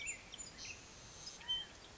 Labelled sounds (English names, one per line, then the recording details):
California Quail
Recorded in Sonoma County, California